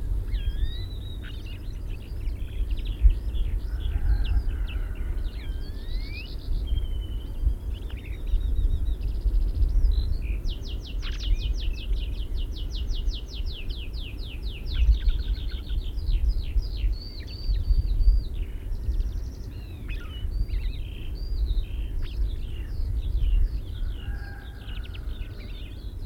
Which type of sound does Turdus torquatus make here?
song